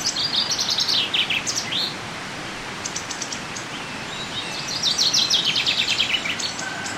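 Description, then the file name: Common chaffinch song: one phrase ends in a flourish, then after a gap with faint high chips a second descending phrase follows, set against steady background noise. "Fringilla coelebs"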